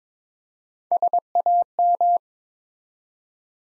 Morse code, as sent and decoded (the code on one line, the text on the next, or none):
... .- --
SAM